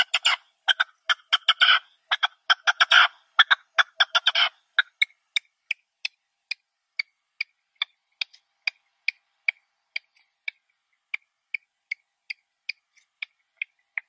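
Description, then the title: Partridge giving a dense burst of loud, harsh chuckling notes for about four seconds, followed by thin, sharp single notes repeated steadily. "Perdiz Cantando"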